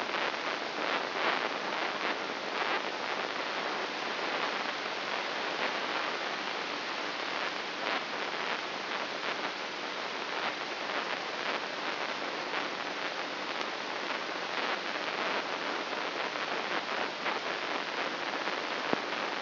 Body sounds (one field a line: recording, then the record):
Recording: brain microelectrode recording played as sound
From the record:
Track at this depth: inside the subthalamic nucleus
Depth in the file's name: 3.42 mm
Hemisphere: left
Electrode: 3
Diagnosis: Parkinson's disease